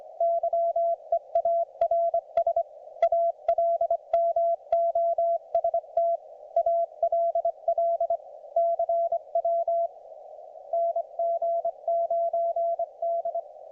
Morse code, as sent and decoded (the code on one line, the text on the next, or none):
-.-- . .- .-. ... / .- .-.. -- --- ... - / .- .-.. .-.. / -.-. .-- / -. --. ----. -..
YEARS ALMOST ALL CW NG9D